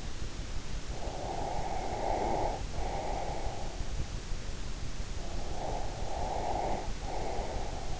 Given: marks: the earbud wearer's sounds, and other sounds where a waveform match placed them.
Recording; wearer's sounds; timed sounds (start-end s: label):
sounds in sleep by an in-ear microphone; breath
0.91-3.97 s: breath
5.03-8.00 s: breath